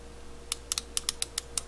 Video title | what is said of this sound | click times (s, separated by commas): Caliper vs Micrometer - What's the Difference? | You hear that clicking. | 0.7 s, 0.8 s, 1.0 s, 1.1 s, 1.2 s, 1.6 s